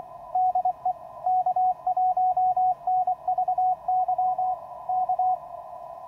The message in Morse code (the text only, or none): DE K1NVY K